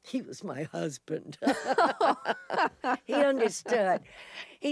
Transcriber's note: laughter